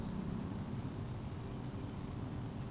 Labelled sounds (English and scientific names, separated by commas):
Eurasian Woodcock (Scolopax rusticola) whistle